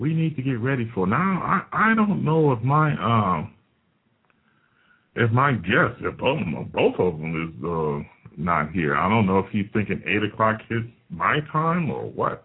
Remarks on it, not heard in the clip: You can tell I stutter a lot. It's not because I have nothing to say. I have too much to say.